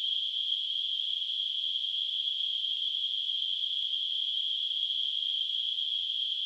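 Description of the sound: A steady, high-pitched hissing tone holds at an even loudness for the whole six and a half seconds, with no breaks or low sounds. It is a simulation of tinnitus, the ringing or hissing heard in the ears without any outside source.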